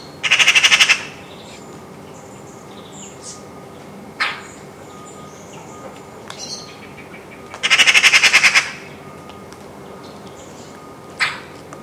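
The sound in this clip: Eurasian magpie harsh chattering rattle in two rapid bursts about seven seconds apart, with single sharp call notes between.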